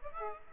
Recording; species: mosquito wingbeat signal from an infrared sensor; Aedes aegypti